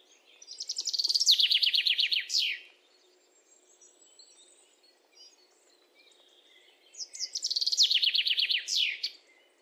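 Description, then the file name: Common chaffinch song given twice, each a cascading run of chipping notes dropping in pitch and finishing with a loud downslurred flourish, quieter pause between. "Fringilla coelebs"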